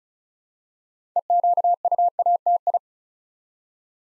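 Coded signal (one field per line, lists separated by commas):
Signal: Morse code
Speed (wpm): 36 wpm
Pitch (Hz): 700 Hz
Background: none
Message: EQUATI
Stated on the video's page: Morse Code practice drill at 35 wpm building 8-letter words three letters at a time, for instant character recognition training.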